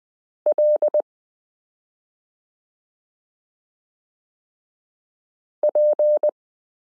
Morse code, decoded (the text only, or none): L P